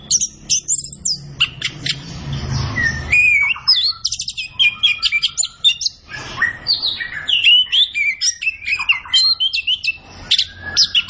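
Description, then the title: Orange-headed thrush singing a busy, rambling song of high chirps, whistled slurs and trills, with a brief low rumble of background noise early on. Kept songbird singing gacor (in full, vigorous song), used as masteran to train other birds in Indonesian songbird keeping (kicau mania). "Anis Kembang Gacor. Kicau Mania Masteran Anis Kembang"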